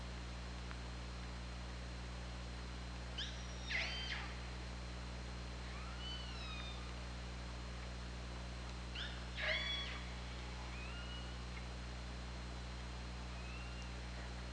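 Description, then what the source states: Killer whale calls, two pulsed harmonic calls several seconds apart, with softer tonal calls between and after, over constant hum. Recorded by OrcaLab hydrophone on 24 August 2017 at 21:38:47.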